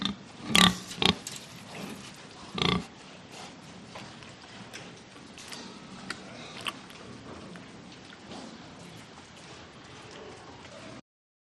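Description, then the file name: Pig giving a few rough grunts and a short squeal in the first three seconds, then mostly quiet hiss with faint scattered clicks. "audio hero Pig"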